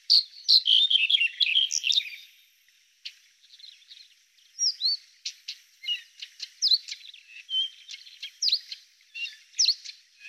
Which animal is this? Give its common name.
Red-headed Bunting